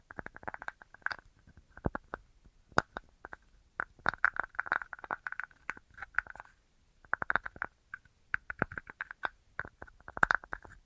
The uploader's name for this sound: Tapping Assortment